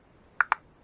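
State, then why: Seated. A part of a vintage Abu Cardinal C33 spinning reel is fitted back onto the reel body during reassembly, after the adjustment shims have been shown. Two short, sharp clicks are heard at 0.4 s and 0.5 s. The part seats in place with a pleasant click.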